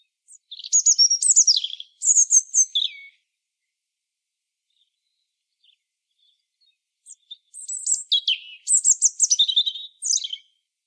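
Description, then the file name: European robin song: two bursts of high, rapid tinkling and sliding whistled notes, separated by about four seconds of silence. "Erithacus rubecula"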